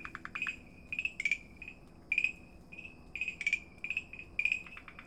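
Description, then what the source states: Farmland green treefrog: series of clicking, rattly notes with brief tonal tails in quick succession. Recorded at Dalin on 30 May 2009.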